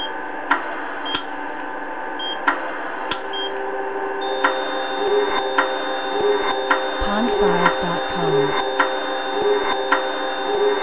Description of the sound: Monitor heart machine flatline.